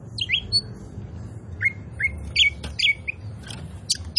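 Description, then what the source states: Oriental magpie-robin giving short slurred whistles and scratchy chirps with brief pauses, against a low background hum. Local Indonesian name kacer poci; described as gacor, singing vigorously.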